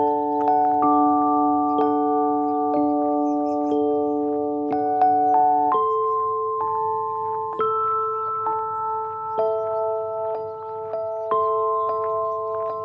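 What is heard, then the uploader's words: A soundwalk at Johnson Lake filled with ringing, chime-like tones struck about once a second, each note sustaining into the next. The held chord shifts to a new set of pitches near six seconds, over a soft, steady low rumble. Johnson Lake Soundwalk.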